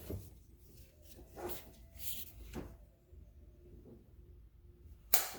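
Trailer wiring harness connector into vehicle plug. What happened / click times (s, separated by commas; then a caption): The connector was pushed in with one click but may not be fully seated / 5.1 s. A plastic trailer wiring harness connector for a 2013-2020 Ford Fusion is pushed into its mating vehicle plug during installation. After quiet rustling and handling noises, a sharp, loud snap sounds at 5.1 seconds. The connector is only partly seated and not fully home.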